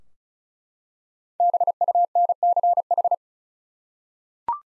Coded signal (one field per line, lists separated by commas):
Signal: Morse code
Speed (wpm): 34 wpm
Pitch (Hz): 700 Hz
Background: none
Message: BUNCH